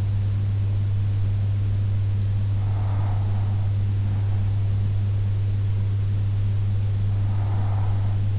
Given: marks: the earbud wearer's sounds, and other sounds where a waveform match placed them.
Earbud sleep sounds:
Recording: sounds in sleep by an in-ear microphone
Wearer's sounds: breath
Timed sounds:
2.39-4.39 s: breath
6.39-8.39 s: breath

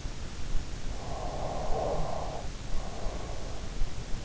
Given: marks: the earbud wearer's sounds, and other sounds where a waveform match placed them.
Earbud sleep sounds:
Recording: sounds in sleep by an in-ear microphone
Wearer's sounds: snoring breath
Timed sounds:
0.42-3.21 s: snoring breath
2.98-3.64 s: sound from someone else or the room

